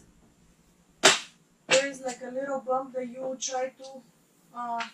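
An adjustable telescoping metal crossbar for a pipe-and-drape stand is pulled open until its little bump detent locks at the chosen extension length, set shorter because the longer span won't fit. One sharp click sounds at 1.1 s as the crossbar seats into its extension stop, and someone talks before and after it.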